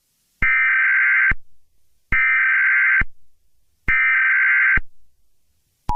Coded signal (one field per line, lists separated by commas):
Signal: Emergency Alert System (SAME) tones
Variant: header bursts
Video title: EAS Scenario #84: Flying Toilets?